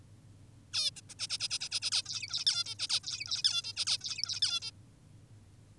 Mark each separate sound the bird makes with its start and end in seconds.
0.74-0.91, 0.97-1.01, 1.10-1.14, 1.19-1.28, 1.30-1.38, 1.40-1.48, 1.50-1.59, 1.60-1.69, 1.72-1.80, 1.82-1.90, 1.92-2.02, 2.06-2.45, 2.46-2.64, 2.66-2.75, 2.79-2.88, 2.89-3.00, 3.04-3.42, 3.44-3.62, 3.64-3.73, 3.76-3.85, 3.87-3.98, 4.01-4.40, 4.42-4.60, 4.62-4.71